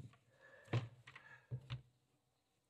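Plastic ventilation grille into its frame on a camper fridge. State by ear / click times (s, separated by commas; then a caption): not seated / none. A plastic ventilation grille that was not sitting right on a camper fridge is lifted and set back into its frame, lined up before the locking device is pushed home. Only quiet handling knocks are heard, around 0.7, 1.1, 1.5 and 1.7 seconds. Nothing has seated or clicked yet.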